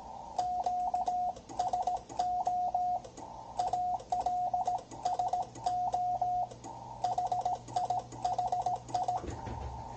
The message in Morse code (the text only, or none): QSO ALSO HI HI